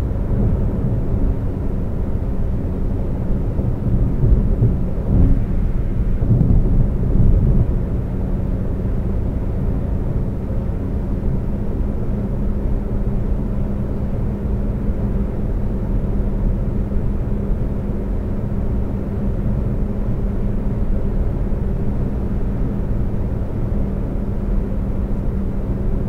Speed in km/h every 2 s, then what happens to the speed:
130, 129, 129, 129, 129, 127, 129, 129, 129, 130, 130, 130, 130.
0-26 steady at about 129.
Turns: none.